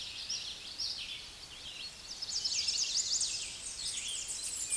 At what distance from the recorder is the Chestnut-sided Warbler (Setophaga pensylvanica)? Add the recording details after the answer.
about 15 m. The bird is about 5 m above the microphone. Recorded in a Pennsylvania forest on 16 May 2024 at 09:29. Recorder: AudioMoth, point MSD-2478. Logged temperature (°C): 15.6 °C. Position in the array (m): 69 m, 182 m